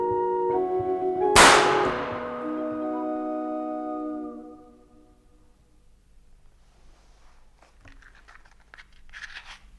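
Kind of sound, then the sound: impact, gunshot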